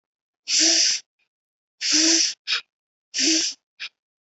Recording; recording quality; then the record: shallow breathing; excellent, no background noise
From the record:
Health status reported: healthy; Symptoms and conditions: none ticked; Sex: male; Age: 35 years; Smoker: not ticked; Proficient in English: yes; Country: India